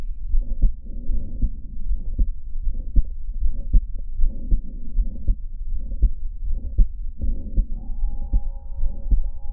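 Adult heart heard by stethoscope at the second intercostal space left of the sternum (pulmonic point): systolic clicks from mitral valve prolapse, at about 78 beats per minute.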